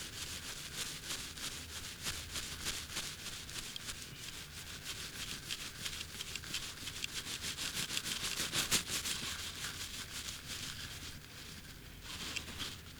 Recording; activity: daily activity, guitar pickup as the sensor; brush teeth